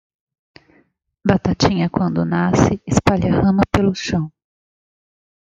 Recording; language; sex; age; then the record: short text; Brazilian Portuguese; female; 40 to 49 years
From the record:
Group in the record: control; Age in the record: 48 years